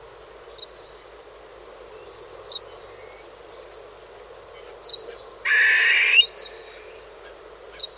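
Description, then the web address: Partridge giving a single broad grating rasp in the second half, amid short high-pitched notes repeated irregularly every second or two. "partridge bird"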